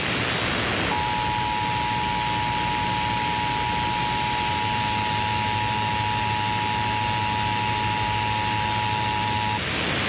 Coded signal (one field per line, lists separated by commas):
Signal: Emergency Alert System (SAME) tones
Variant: 853 and 960 Hz attention tone